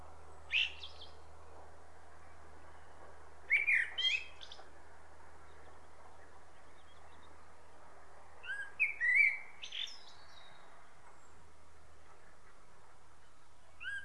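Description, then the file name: Common blackbird singing spaced fluted phrases with twittery, squeaky tails, several seconds apart, over a low steady hum. "Turdus merula"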